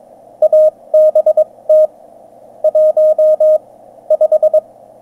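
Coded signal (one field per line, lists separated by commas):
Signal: Morse code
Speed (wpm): 22 wpm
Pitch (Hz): 620 Hz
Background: none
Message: ABT 15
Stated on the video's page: 17m QSO from an ATS 4b running 3 watts output to an indoor dipole, 599 both ways.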